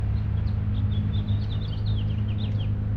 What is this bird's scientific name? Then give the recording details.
Haemorhous mexicanus. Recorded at Lynbrook on Long Island, New York, on 17 June 1975. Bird A